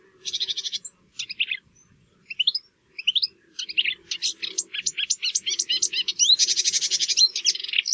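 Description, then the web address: Marsh warbler singing a rapid medley of buzzy bursts, quick rising notes and rattling trills, ending in a dense harsh chatter. "geluiden bosrietzanger"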